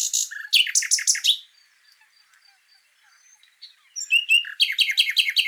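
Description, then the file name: Common nightingale singing sharp chirps in a quick phrase, then a near-silent pause with faint notes, then loud rapidly repeated chips. "Luscinia megarhynchos"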